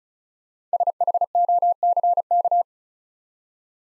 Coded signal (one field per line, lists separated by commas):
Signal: Morse code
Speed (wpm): 36 wpm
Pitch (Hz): 700 Hz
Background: none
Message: SHOCK